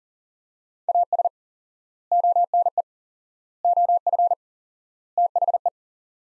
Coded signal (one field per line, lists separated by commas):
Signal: Morse code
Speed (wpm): 40 wpm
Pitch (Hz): 700 Hz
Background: none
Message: AS ONE OF THE